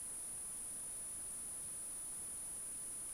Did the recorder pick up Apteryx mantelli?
no